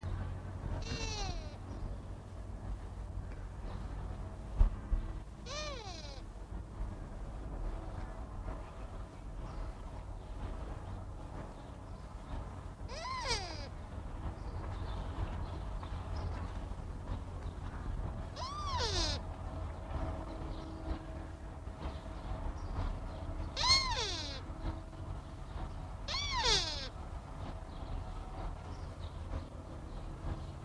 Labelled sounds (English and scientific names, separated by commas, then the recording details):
Sika Deer (Cervus nippon) call
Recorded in captivity
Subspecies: pseudaxis
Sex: male
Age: adult
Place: Tierpark Berlin, Berlin, DE
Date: 1960-02-20 12:30
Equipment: Reporter, Vollspur
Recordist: Tembrock, Günter
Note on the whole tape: Hirsch läuft umher, dabei Einzellaute in verschiedener Intensität. Beim hellen Laut bleibt das Maul fast geschlossen, doch werden die Lippenwinkel zurückgezogen; beim dunkleren Laut leichtes Maulöffnen. Abstand: 5-8 m